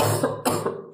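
A quick run of three or four harsh, voiced coughs from an adult woman, with no other sounds.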